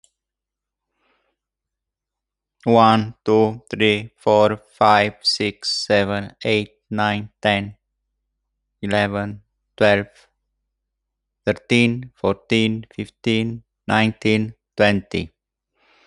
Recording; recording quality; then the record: counting at a normal pace; excellent, no background noise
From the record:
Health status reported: healthy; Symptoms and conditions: hypertension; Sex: male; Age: 54 years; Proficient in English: yes